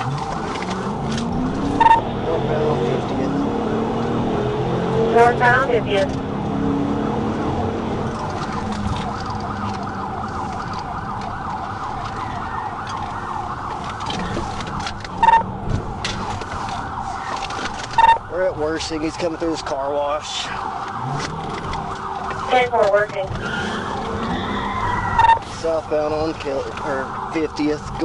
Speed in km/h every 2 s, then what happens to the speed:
56, 82, 101, 108, 90, 52, 40, 42, 15, 21, 26, 37, 26, 21.
0-6 speeds up to 108. 6-11 brakes to 40. 14-18 brakes to 21. 18-22 speeds up to 37. 22-26 brakes to 21.